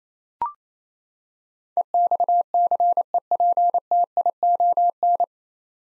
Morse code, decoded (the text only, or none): EXCEPTION